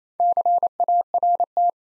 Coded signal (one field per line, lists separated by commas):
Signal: Morse code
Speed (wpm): 28 wpm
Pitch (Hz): 700 Hz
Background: none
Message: CART